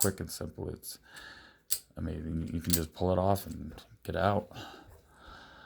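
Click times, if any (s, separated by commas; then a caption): none. A magnetic chin strap buckle on a Hard Head Veterans bulletproof helmet's chin strap is handled while someone talks throughout. Nothing has seated or clicked yet; the clip ends just before the buckle snaps back into place.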